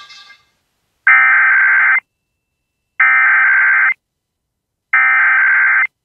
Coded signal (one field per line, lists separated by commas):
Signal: Emergency Alert System (SAME) tones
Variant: header bursts